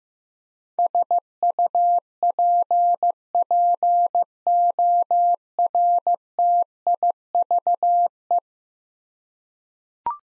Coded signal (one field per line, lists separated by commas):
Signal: Morse code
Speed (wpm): 16 wpm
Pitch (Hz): 700 Hz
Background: none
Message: SUPPORTIVE